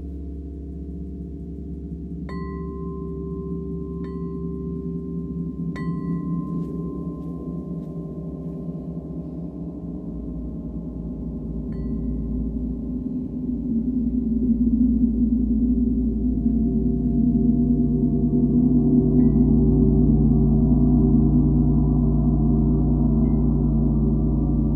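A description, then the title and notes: A gong's deep, layered hum swells slowly and grows louder after about twelve seconds, holding a dense low roar to the end. Bright chime strikes ring out near 2, 4 and 6 seconds, with fainter touches around 12 and 19 seconds, over a sustained tone. Gong ,chimes ,crystal bowls healing meditation for times of change.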